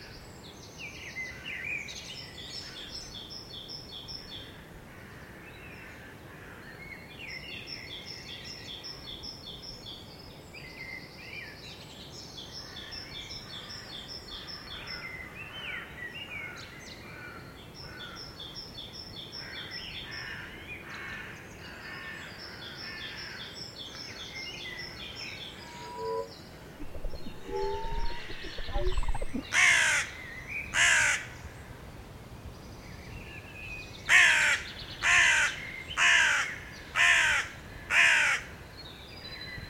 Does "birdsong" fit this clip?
yes